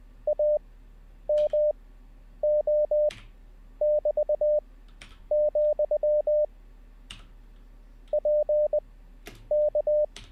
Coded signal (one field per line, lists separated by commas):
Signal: Morse code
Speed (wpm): 20 wpm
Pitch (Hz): 600 Hz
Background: radio noise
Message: AMO<BT>, PK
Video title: How To Learn Morse Code LIVE with N0SSC (Day 8)